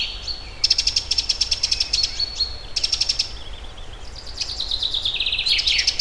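Eurasian wren song: fast, high, rattling trills in several runs, the last sliding downward, over steady low-pitched background noise.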